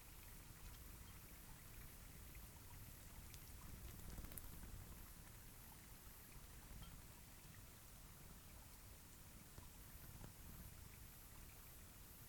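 A cloudy night beside Taylor Lake fills with a steady, dense hiss over a soft low rumble, much like light rain. Small ticks and patters scatter throughout, and a sharper click stands out near four seconds as the sound swells slightly.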